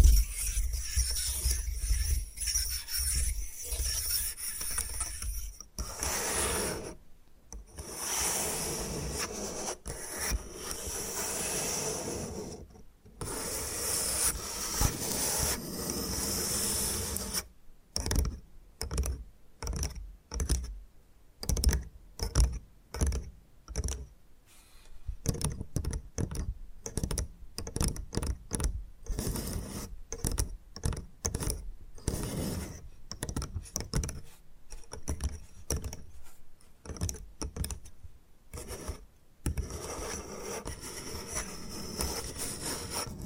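Bamboo is scratched and brushed in dense, rough strokes, then tapped in rapid, irregular bursts with brief silent gaps through the second half.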